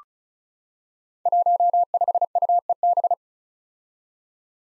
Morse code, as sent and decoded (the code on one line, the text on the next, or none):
.---- ..... ..- . -...
15UEB